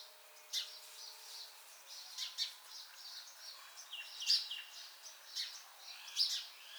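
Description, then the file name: House sparrow chirps, many overlapping bright notes, a busy, uneven chatter with louder chirps every second or so over a steady hiss. "Passer domesticus"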